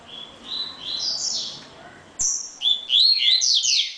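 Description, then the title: Double-collared seedeater singing lively high whistles and slurs, a short pause, then a denser, louder burst of tumbling notes. Song of a coleiro. "Canto Coleiro"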